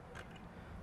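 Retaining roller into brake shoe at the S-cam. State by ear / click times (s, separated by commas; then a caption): not seated / none. A top retaining roller is being fitted between the steel brake shoe and the S-cam of a truck drum brake, with light ticking handling noise over a steady low background. The clip ends on a sharp metallic hit at about 0.8 s, but the roller has not yet locked into place; nothing has seated yet.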